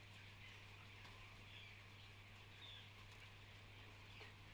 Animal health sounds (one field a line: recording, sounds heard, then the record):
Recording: poultry house recording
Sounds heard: healthy chickens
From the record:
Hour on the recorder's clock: 14